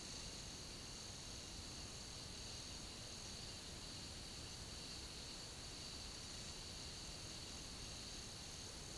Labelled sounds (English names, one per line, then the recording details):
none
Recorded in pastures near Puerto Asís, Putumayo, Colombia, on 9 March 2025 at 10:30
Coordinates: 0.486, -76.323
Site G075